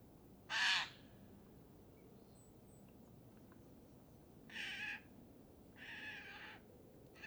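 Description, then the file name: Eurasian jay uttering a few hoarse, grating screeches, the first sharp and loud, the later ones longer and softer, with quiet pauses between. "Garrulus glandarius"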